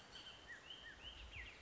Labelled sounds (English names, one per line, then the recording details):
Bullock's Oriole
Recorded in Sonoma County, California